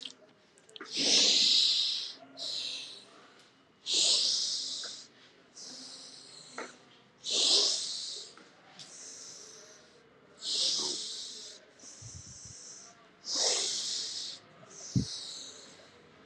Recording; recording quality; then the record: deep breathing; excellent, no background noise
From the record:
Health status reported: healthy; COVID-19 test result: not tested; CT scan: not taken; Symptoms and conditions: breathing difficulty, fatigue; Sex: male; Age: 21 years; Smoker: yes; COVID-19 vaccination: both doses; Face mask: not worn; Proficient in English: yes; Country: India